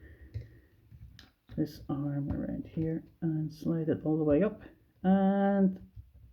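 Someone talks while bringing the second plastic arm of a Transformers Studio Series Voyager Megatron (2007) robot figure around and sliding it all the way up toward its tab slot on the body, with faint handling taps in the background. The clip ends before the arm is home, so nothing has seated or clicked yet.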